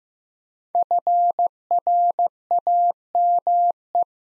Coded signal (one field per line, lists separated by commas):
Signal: Morse code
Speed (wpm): 15 wpm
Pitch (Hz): 700 Hz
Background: none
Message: FRAME